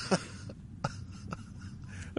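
Four abrupt, loud, sharp bursts from an adult woman, unevenly spaced over two seconds: loud hiccups.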